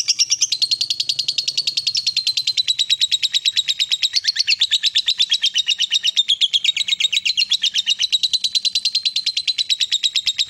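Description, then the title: Lovebird chattering steadily with rapid, high buzzy chirps in a continuous warbling stream, rising and falling slightly. Lovebird shown in a style that makes it look very clever at 'memancing', luring or provoking other birds into calling. "Dari Gayanya Lovebird Ini Terlihat Pintar Sekali Memancing"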